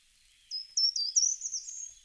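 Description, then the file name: Short-toed treecreeper giving a short, high-pitched phrase of several rapid notes that trails off into a thin sustained note. "Grimpereau des jardins"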